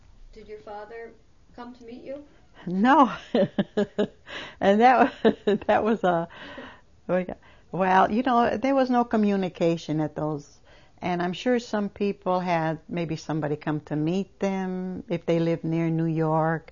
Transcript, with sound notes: did your father come to meet you? ( she laughs )
And that was a, well, you know, there was no communication at those, and I'm sure some people had maybe somebody come to meet them, that they lived near New York.